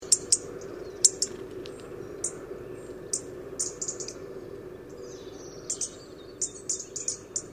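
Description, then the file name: European robin uttering brief high ticks and short thin notes in irregular clusters, with a continuous low droning noise underneath. "Erithacus rubecula"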